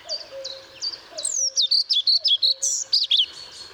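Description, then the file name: European pied flycatcher song: a run of high, evenly spaced up-and-down notes, opening over another bird's low, steady whistles. Recorded at Pähl on 1 May 2014. "Trauerschnaepper 01 05 2014 Paehl WM Michle Pron"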